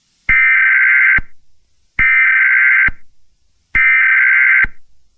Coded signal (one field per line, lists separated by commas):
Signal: Emergency Alert System (SAME) tones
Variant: header bursts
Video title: EAS Scenario | Knox County Outbreak.